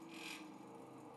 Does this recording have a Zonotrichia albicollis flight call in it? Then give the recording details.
no. No flight call is heard. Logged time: 03:36 on 5 December 2014